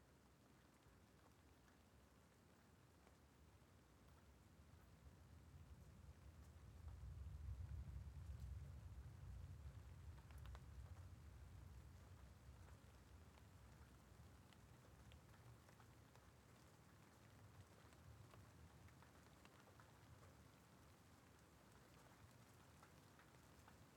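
A night thunderstorm: steady, light rain patters evenly throughout. Around six seconds a deep roll of thunder swells, peaks near eight seconds, then slowly rumbles away over the next several seconds, leaving the soft rain hiss alone.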